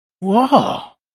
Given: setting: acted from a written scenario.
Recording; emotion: vocal sound without words; awe